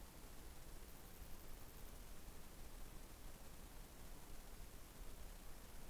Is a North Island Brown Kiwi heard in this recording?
no